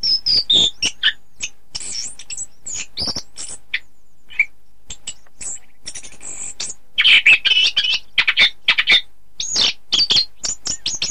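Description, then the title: Oriental magpie-robin song: quick high chips and squeaky whistles, a brief lull, then louder rich warbling phrases and more sharp notes. "Kicau Kacer"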